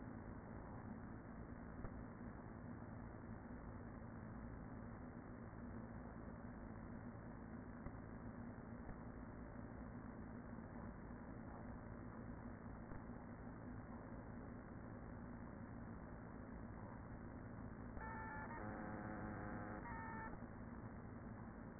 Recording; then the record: honeybee colony, microphone inside the hive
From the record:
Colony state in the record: queen present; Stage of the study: after two queens were removed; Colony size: about 40,000 bees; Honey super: no